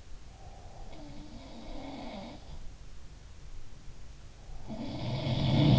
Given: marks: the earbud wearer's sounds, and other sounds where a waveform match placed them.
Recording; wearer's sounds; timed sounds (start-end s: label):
sounds in sleep by an in-ear microphone; breath
0.25-2.60 s: breath
0.92-2.46 s: sound from someone else or the room
4.67-5.79 s: sound from someone else or the room